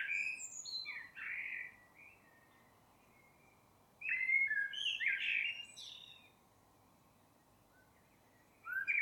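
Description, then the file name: Common blackbird with low, rich fluted whistles followed by thin high squeaks, a second warbled phrase after a short gap, and another starting at the end. "Turdus merula"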